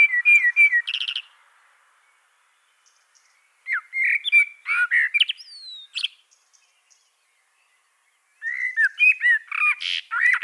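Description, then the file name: Common blackbird delivering several song phrases with silent gaps: warbled flute-like notes mixed with thin, high squeaky twitters, three bursts in all. "Turdus merula"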